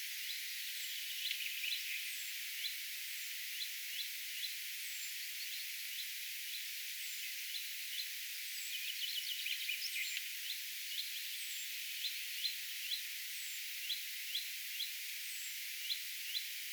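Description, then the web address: Common chaffinch uttering a long run of short call notes at a brisk pace, with a denser chattering burst midway and thin high downslurred whistles of another bird behind. Chaffinch vocalising repeatedly, as if in a series; recorded 1 June 2025. "paivat 1 6 2025 peippo aantelee kuin sarjassa"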